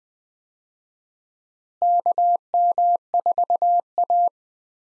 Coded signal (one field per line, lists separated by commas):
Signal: Morse code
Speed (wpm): 20 wpm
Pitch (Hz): 700 Hz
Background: none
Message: KM4A